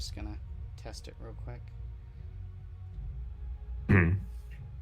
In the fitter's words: i can feel it click oh yep there it is